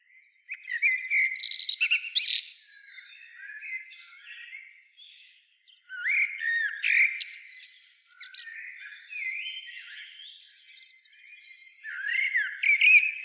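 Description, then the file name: Common blackbird: three loud bursts of mixed whistled and scratchy high notes, with quieter, softer sounds between them. "Turdus merula"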